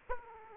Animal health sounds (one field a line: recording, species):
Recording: mosquito wingbeat signal from an infrared sensor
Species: Aedes aegypti